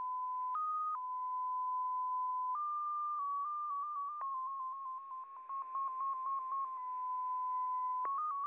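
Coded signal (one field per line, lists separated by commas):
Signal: numbers station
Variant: XPA2 MFSK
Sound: steady pure tone near 1 kHz hopping between slightly different pitches, sometimes rapidly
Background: faint radio hiss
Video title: XPA2, 14:40 14828 kHz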